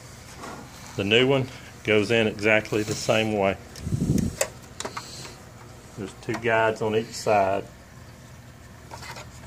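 Someone talks while handling a new drum unit for an IR 1435 copier, lining it up on the two guides on each side to push it in. A few short, sharp handling knocks are heard between about 4.2 and 5.0 seconds. The drum unit has not seated or clicked into place yet.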